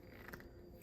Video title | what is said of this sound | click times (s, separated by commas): WANNUOQI Extended Toe Cleaning Brush Unboxing and Demo | then you just twist again, push down, and you kind of hear it lock. | 0.3 s